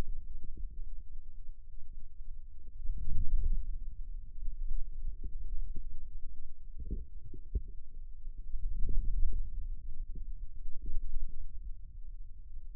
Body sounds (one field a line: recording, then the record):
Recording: forearm muscle sounds (acoustic myography)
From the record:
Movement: outward rotation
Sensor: system 2, bracelet of six BSWA MPA416 microphones around the upper forearm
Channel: 1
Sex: male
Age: 22 years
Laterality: right